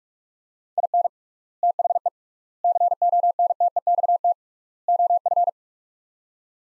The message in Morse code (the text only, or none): IN THE CONTEXT OF